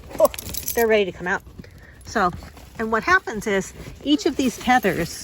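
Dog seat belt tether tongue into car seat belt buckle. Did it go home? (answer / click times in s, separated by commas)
no / none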